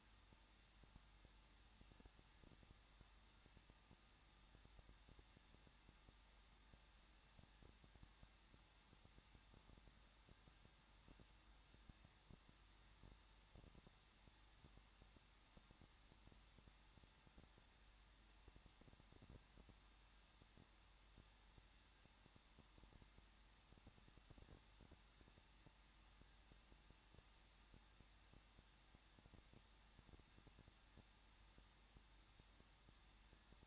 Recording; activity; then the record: daily activity, microphone in the room; no activity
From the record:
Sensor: 3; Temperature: 21.2 degrees Celsius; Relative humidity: 36.2%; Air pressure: 1006.5 hPa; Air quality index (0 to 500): 220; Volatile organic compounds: 39 ppm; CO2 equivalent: 3133 ppm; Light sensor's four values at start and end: 2/3/2/2 and 2/3/2/2